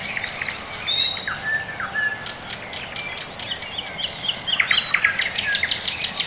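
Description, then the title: Birdsong from several birds, short whistled notes and bursts of rapid sharp ticks, overlapping chirps throughout with steady background hiss. Quiet early morning in the Orekhovo-Borisovo Severnoye district, Moscow, Russia; recorded with a Sony ECM-MS2 into a Marantz PMD-661, processed with iZotope RX2 equalisation and gain. "район Орехово-Борисово Северное, Москва, Россия - Morning birds"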